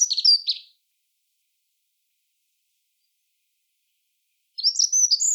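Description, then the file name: Dunnock song: the end of one high, scratchy warbled phrase, a long pause of about four seconds, then the start of another quick jumbled phrase. "chant accenteur mouchet"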